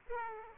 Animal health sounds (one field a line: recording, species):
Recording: mosquito wingbeat signal from an infrared sensor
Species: Aedes aegypti